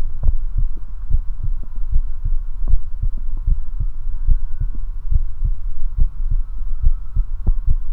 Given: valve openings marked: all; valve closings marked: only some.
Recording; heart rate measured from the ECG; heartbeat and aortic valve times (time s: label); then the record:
heart sounds by stethoscope; 73 bpm
0.27 s: heartbeat (ECG mark)
0.34 s: aortic valve opens (echo mark)
0.59 s: aortic valve closes (echo mark)
1.12 s: heartbeat (ECG mark)
1.20 s: aortic valve opens (echo mark)
1.46 s: aortic valve closes (echo mark)
1.94 s: heartbeat (ECG mark)
2.03 s: aortic valve opens (echo mark)
2.27 s: aortic valve closes (echo mark)
2.72 s: heartbeat (ECG mark)
2.78 s: aortic valve opens (echo mark)
3.05 s: aortic valve closes (echo mark)
3.49 s: heartbeat (ECG mark)
3.56 s: aortic valve opens (echo mark)
3.81 s: aortic valve closes (echo mark)
4.30 s: heartbeat (ECG mark)
4.38 s: aortic valve opens (echo mark)
4.63 s: aortic valve closes (echo mark)
5.13 s: heartbeat (ECG mark)
5.21 s: aortic valve opens (echo mark)
5.46 s: aortic valve closes (echo mark)
6.00 s: heartbeat (ECG mark)
6.08 s: aortic valve opens (echo mark)
6.33 s: aortic valve closes (echo mark)
6.85 s: heartbeat (ECG mark)
6.92 s: aortic valve opens (echo mark)
7.18 s: aortic valve closes (echo mark)
7.69 s: heartbeat (ECG mark)
7.76 s: aortic valve opens (echo mark)
From the record:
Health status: healthy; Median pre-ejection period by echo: 73 ms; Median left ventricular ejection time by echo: 256 ms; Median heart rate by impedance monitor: 72 bpm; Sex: male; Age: 21 years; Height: 170 cm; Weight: 85 kg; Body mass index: 29.41